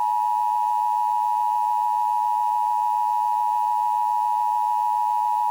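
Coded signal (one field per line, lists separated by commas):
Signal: Emergency Alert System (SAME) tones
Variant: 853 and 960 Hz attention tone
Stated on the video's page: Fictional EAS scenario.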